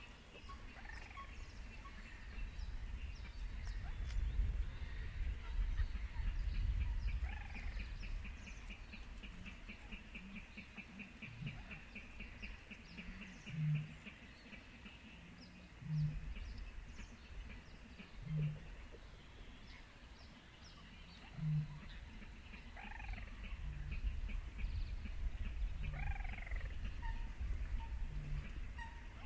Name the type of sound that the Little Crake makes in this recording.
call